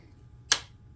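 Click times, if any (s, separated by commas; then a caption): 0.5 s. During reassembly of a Ruger SR22 .22 pistol, a small internal part is lined up and pressed straight down into the metal/polymer slide/frame assembly. A single sharp, bright click sounds at 0.5 s against a quiet low hum and fades within about two tenths of a second. The part seats in place.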